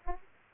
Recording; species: mosquito wingbeat signal from an infrared sensor; Aedes aegypti